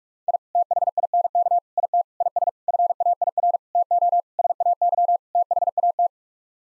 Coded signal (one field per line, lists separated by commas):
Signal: Morse code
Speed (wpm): 46 wpm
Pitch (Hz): 700 Hz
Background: none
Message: I THINK IT IS FAIR TO SAY THAT